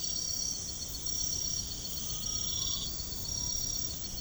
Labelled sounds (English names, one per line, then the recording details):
none
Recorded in pastures near Puerto Asís, Putumayo, Colombia, on 13 March 2025 at 02:30
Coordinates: 0.505, -76.324
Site GP08